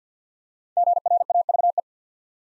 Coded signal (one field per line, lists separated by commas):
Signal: Morse code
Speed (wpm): 48 wpm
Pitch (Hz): 700 Hz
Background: none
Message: GRAVE